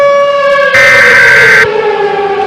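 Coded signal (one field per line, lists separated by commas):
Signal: Emergency Alert System (SAME) tones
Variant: header bursts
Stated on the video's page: Fake EAS scenario, not a real alert.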